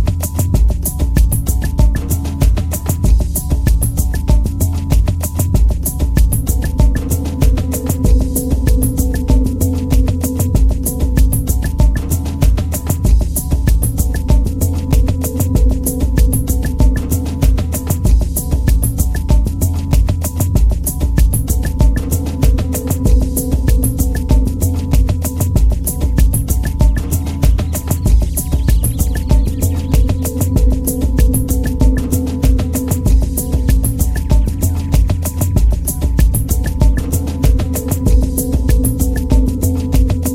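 Synthesizer music with a rapid, dense pulsing beat over steady sustained low tones, with bright ticking sounds running evenly throughout.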